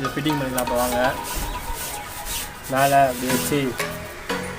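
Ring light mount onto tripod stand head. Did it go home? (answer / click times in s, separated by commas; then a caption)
no / none. A ring light mount is handled on the head of a tripod stand while assembling a ring light stand. It is meant to be placed on top and twisted to lock. Someone talks over background music, and short sharp sounds come at about 4.3 and 4.7 seconds, but nothing has seated or locked yet.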